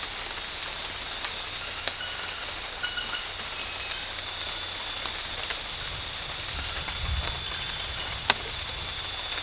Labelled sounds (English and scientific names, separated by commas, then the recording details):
none
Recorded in dense forest near Puerto Asís, Putumayo, Colombia, on 13 March 2025 at 23:00
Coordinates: 0.484, -76.325
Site G045